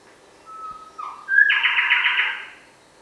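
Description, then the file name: Bower's shrikethrush call: a soft level whistle, a brief rising slur, then a long rasping buzzy burst of about a second; otherwise quiet. "Colluricincla Boweri"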